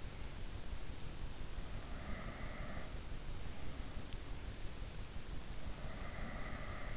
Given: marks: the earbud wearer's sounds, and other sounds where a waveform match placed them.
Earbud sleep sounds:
sounds in sleep by an in-ear microphone; breath
1.98-2.98 s: breath
5.98-6.97 s: breath

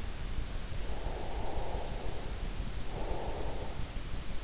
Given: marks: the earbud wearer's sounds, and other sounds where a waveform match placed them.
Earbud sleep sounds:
sounds in sleep by an in-ear microphone; breath
0.35-4.24 s: breath

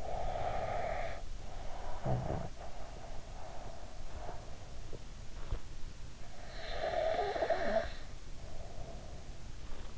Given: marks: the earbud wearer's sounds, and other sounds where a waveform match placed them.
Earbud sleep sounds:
sounds in sleep by an in-ear microphone; snoring breath, breath
0.00-2.60 s: snoring breath
2.72-5.68 s: breath
6.30-9.34 s: breath

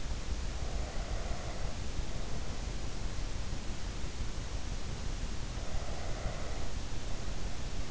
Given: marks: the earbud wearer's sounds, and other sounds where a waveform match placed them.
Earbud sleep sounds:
sounds in sleep by an in-ear microphone; breath
0.52-2.93 s: breath
5.40-7.90 s: breath

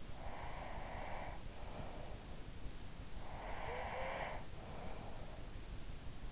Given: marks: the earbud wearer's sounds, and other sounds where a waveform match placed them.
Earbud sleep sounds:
sounds in sleep by an in-ear microphone; breath
0.26-2.26 s: breath
3.32-5.32 s: breath

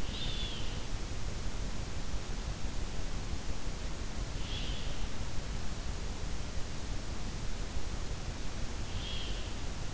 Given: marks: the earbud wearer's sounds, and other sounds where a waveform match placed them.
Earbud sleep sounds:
sounds in sleep by an in-ear microphone; breath
0.00-0.80 s: breath
4.14-5.12 s: breath
8.87-9.58 s: breath

